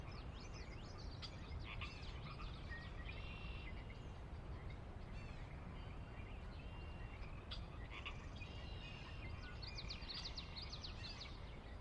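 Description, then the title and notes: Pacific chorus frogs in a busy chorus with many high chirping notes over a constant low rumble. Wild chorus on the valley floor of Sinlahekin Valley, Sinlahekin Wildlife Area, Washington, near the Cascades; glacier-carved valley of ranch land and refuge; recorded at dusk. "Sinlahekin Valley dusk. the ever-present Pacific Chorus Frogs that are a fixture of the Northwest Soundscape"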